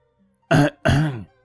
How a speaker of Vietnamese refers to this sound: Lão Đồng làm bộ ho khan hai tiếng, cắt đứt luồng suy nghĩ của hai người.